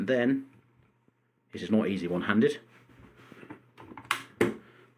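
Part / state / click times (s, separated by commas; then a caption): magazine into airsoft rifle magazine well / seated / 4.1 s. A magazine is pushed one-handed into the magazine well of an E&L AK AIMS airsoft replica rifle while someone talks. After some quieter handling noises, it locks with a sharp click at 4.1 seconds, followed by another loud knock at 4.4 seconds, and the magazine sits firmly in place.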